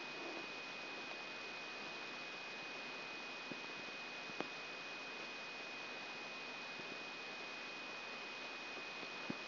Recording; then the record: brain microelectrode recording played as sound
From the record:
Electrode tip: inside the subthalamic nucleus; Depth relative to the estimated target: -1 mm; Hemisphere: right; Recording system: AlphaMap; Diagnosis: Parkinson's disease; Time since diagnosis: 16 years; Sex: male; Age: 60 years